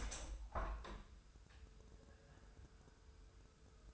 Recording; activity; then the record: daily activity, microphone in the room; open window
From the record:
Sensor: 2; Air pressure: 1014.8 hPa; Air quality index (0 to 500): 28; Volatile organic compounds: 1 ppm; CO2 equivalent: 519 ppm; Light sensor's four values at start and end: 8/19/8/8 and 9/20/8/8